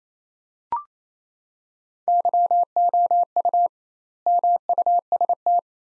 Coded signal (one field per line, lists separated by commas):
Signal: Morse code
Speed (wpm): 28 wpm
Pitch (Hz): 700 Hz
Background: none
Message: YOU MUST